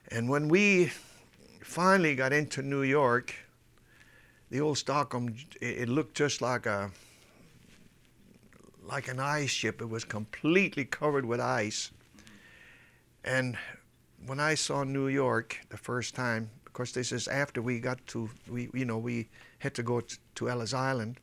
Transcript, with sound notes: And when we finally got into New York, the old Stockholm, it looked just like a (he pauses) like an ice ship. It was completely covered with ice. And when I saw New York, the first time of course, this after we got to, you know we, we had to go to Ellis Island.